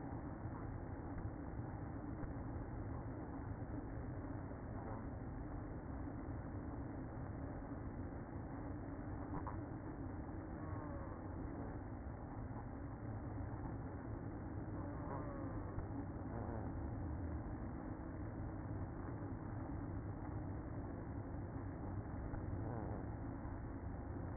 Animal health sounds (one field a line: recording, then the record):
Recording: honeybee colony, microphone inside the hive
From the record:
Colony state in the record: queen present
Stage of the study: after two queens were removed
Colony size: about 60,000 bees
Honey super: yes